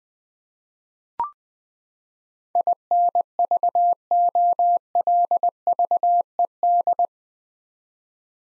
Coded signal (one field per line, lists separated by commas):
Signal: Morse code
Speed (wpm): 20 wpm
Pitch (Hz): 700 Hz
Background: none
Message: INVOLVED